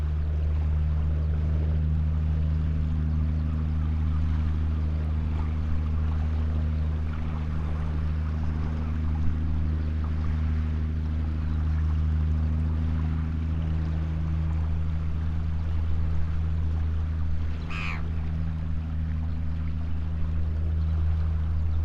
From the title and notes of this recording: Estuary bleak passing ship. This is the very last segment of an amazing overnight recording the Lento box captured several years ago from the seawall just east of Burnham-on-Crouch.